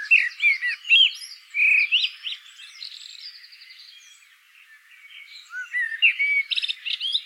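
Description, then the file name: Common blackbird singing, with fluty, slurred notes followed by thin twittering. A long quiet gap falls midway, then another warbled phrase with a scratchy end. "Turdus merula"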